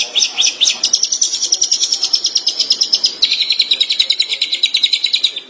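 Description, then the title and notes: Long-tailed Shrike giving a fast, steady trill of high, buzzy notes held for several seconds, dropping slightly in pitch halfway through. Recorded March 2017. "Suara burung pentet"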